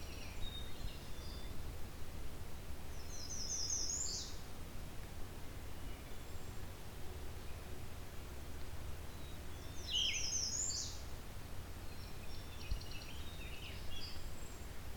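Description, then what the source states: Blue-winged Warbler song: a thin, buzzy high note dropping into a lower buzz, given twice about seven seconds apart, over steady low rumble and faint other bird notes. Not singing frequently at the time.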